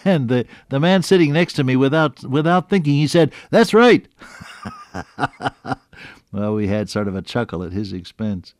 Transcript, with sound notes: And the, the man sitting next to me without, without thinking he said, “That’s right.” (Laughs) Well we had sort of a chuckle at his expense.